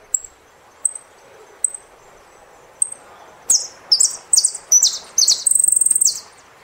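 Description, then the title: Saffron finch, several lone high tick notes, then a run of falling slurred notes ending in a rapid trill. "Jilguero Argentino"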